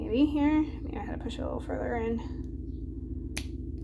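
Someone talks while a key is pushed further into the lock of a jewelry case. A sharp snap at 3.4 s releases the latch, and it clicks open on the second push.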